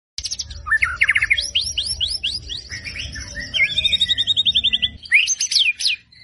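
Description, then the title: White-rumped shama song: a quick string of high, sweeping whistles and brisk trills, with the phrases changing throughout. Lure recording meant to draw a response from the bird; the bird is described as gacor, singing persistently. "PANCINGAN MEWAH MURAI BATU GACOR"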